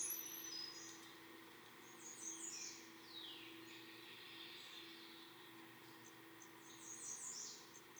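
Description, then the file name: Blackburnian warbler song, thin very high notes with a sharp high phrase at the start and more high ticking notes later, among other bird calls and a steady low hum. "song-Christopher-Mc Pherson-Blackburnian-Warbler-Setophaga-fusca"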